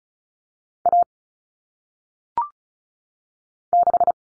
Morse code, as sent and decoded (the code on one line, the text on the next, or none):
.- / -....
A 6